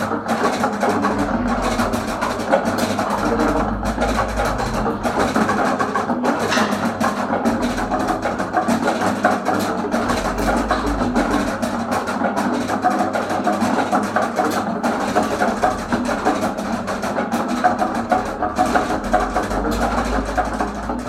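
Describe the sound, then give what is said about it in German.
A computer-controlled raindrop drum exhibit at the Technorama in Winterthur plays a dense, unbroken patter of countless small percussive taps, steady and fairly loud for the whole stretch, over a low rumbling undertone, with no voices. “Wir haben jetzt noch einmal gehört, das Regentropfen-Schlagzeug.”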